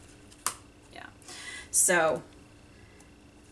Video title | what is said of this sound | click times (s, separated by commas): Stamperia Wonderland 7x7 Mini Album Tutorial Part 3: Decorating the Pages | know if you heard the click or not but it clicks because it's magnetized hear that yeah so | 0.5 s